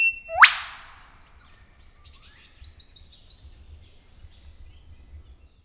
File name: Psophodes Olivaceus